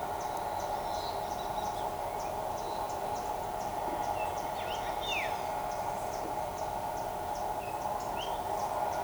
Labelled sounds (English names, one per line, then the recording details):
Black-throated Mango
White-whiskered Spinetail
Olive-grey Saltator
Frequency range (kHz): Black-throated Mango 4.5-8.0 kHz; White-whiskered Spinetail 2.8-4.3 kHz; Olive-grey Saltator 1.5-4.2 kHz
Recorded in shrubland near Pivijay, Magdalena, Colombia, on 13 April 2023 at 11:00
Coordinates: 10.453, -74.365
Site P5-G022